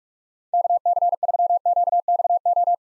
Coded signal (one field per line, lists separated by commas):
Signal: Morse code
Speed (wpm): 44 wpm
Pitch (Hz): 700 Hz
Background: none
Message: KC3QXO